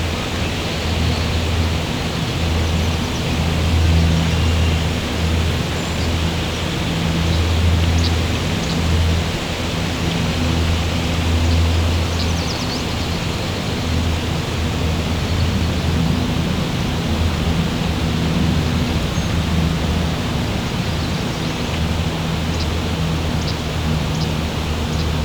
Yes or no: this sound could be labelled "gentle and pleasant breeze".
yes